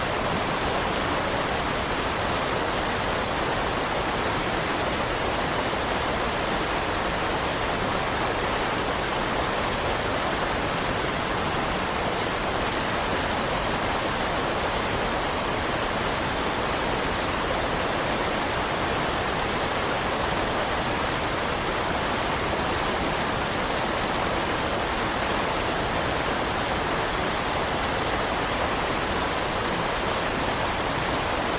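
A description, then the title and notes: A river rushes past in a dense, unbroken hiss of water, steady from start to finish with no distinct splashes or pauses. The sound is bright and airy, weighted toward the upper range with only a thin low rumble, and nothing else stands out. Winter River White Noise Soundscape.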